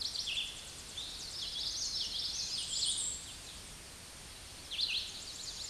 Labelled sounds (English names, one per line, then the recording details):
Common Yellowthroat song
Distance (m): 25 m
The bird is about 5 m above the microphone
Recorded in a Pennsylvania forest on 16 May 2024 at 08:00
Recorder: AudioMoth, point MSD-2453
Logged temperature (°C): 16.3 °C
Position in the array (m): 226 m, 181 m